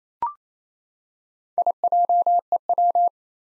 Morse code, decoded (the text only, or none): IJEW